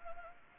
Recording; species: mosquito wingbeat signal from an infrared sensor; Anopheles gambiae